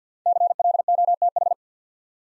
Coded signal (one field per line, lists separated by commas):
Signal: Morse code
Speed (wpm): 49 wpm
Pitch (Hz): 700 Hz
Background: none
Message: CLOTH